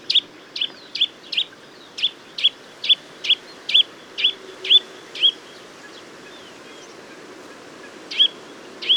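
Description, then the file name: Eurasian nuthatch giving a fast series of sharp, high call notes, then a gap of a few seconds before two more notes. "Sitta europaea"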